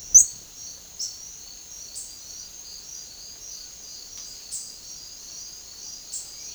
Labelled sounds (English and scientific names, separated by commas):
none